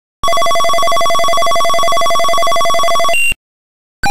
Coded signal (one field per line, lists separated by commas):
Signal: none